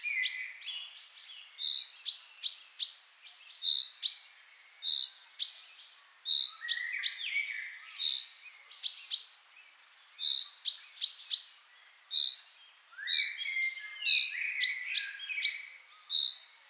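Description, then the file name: Common chaffinch calls: clipped bright notes in irregular clusters, with brief rising notes and lower chirps, over faint steady background hiss. "Fringilla coelebs"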